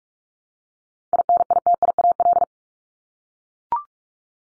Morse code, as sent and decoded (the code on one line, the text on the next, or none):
.. -. .. - .. .- .-..
INITIAL